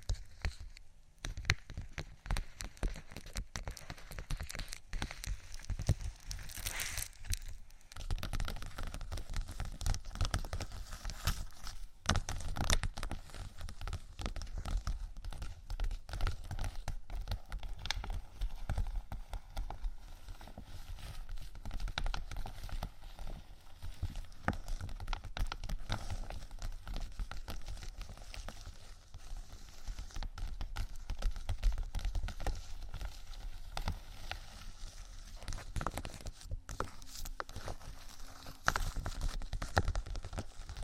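Fingers tap and scratch across vinyl in a dense, continuous run of small crackling strokes and scrapes, with sharper bursts around seven and thirty-seven seconds.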